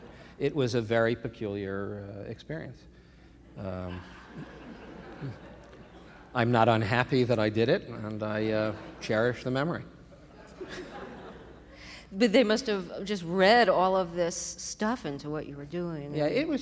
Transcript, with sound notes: it was a very peculiar experience.
(LAUGHTER)
I'm not unhappy that I did it. And I cherish the memory.
(LAUGHTER)
But they must have just read all of this stuff into what you were doing.